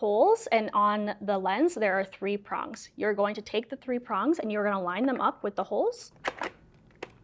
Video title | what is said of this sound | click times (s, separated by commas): Training Video - Camera Assembly - Indigenous Diabetes Health Circle | you hear a click, and now the camera is put together. | 7.0 s